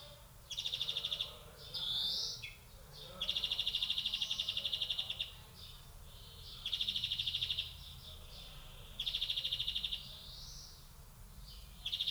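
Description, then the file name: European greenfinch gives long, fast trills broken by occasional rising wheezy notes, the trills returning several times. "Chloris chloris"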